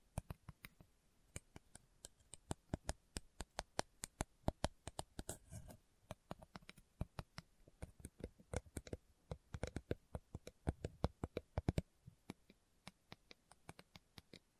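Slow ASMR tapping: crisp, sharp taps land in an irregular stream, a few per second, with brief denser clusters around five and eleven seconds.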